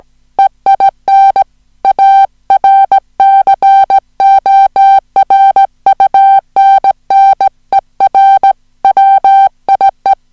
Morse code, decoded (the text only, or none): EIN ARCORUNNER WIE